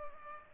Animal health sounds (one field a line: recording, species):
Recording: mosquito wingbeat signal from an infrared sensor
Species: Culex pipiens